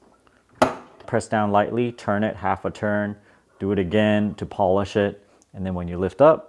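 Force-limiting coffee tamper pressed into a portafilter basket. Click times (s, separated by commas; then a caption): 0.6 s. An IKAPE 58.35 mm force-limiting coffee tamper, set to click at 30 pounds, is pressed once onto the coffee bed in a portafilter basket, and its force mechanism gives a sharp click at 0.6 s. Someone talks before and after the click. The click signals that the tamping force has been reached on the coffee puck.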